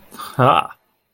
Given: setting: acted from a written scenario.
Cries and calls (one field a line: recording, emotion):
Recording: vocal sound without words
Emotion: pride